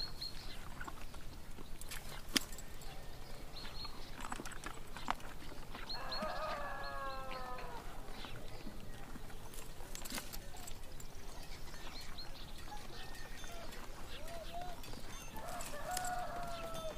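Horse-drawn carts clip-clop along amid steady low rumble, with sharp knocks near 2 and 5 seconds. Voices and animal calls rise at about 6 seconds and again near 15, while birds chirp on and off above the constant busy bustle of people working.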